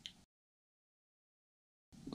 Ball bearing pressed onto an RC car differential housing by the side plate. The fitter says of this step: and you'll feel when it snaps on and hear it too